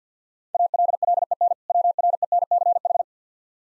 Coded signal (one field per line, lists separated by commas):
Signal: Morse code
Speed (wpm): 50 wpm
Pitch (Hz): 700 Hz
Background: none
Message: ALLEN WRENCH